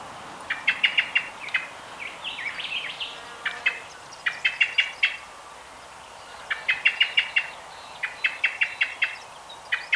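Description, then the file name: Common blackbird chinking in quick runs of several hard notes, pausing between runs. "Turdus merula"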